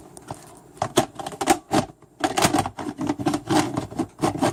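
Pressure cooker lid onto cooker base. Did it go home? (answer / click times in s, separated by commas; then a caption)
no / none. The cover of an electric pressure cooker is placed on the cooker base and twisted toward its locked position, making a series of scraping, rattling handling sounds with sharp knocks near 0.8, 1.0, 1.5, 2.2 and 4.4 seconds. The clip ends before the lid locks, and nothing has seated or clicked yet.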